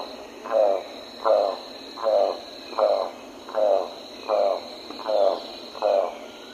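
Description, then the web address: Golden-collared toucanet giving low, hoarse croaking notes, eight in a steady series about one every 0.8 seconds, over a faint constant hiss. Song from the eastern lowlands of South America. "Natures Songs S America Eastern Lowlands. Selenidera reinwardtii, song"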